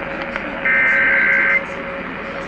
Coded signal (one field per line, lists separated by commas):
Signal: Emergency Alert System (SAME) tones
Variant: header bursts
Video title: LET'S HAVE AN RMT! Broadcast Radio & Online Stream EAS: Required Monthly Test (EAS #295-296)